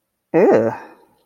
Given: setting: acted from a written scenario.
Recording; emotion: vocal sound without words; contempt